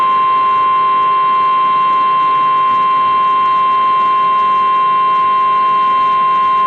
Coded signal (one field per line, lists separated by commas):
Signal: Emergency Alert System (SAME) tones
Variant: 1050 Hz attention tone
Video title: Severe Thunderstorm Warning | EAS #512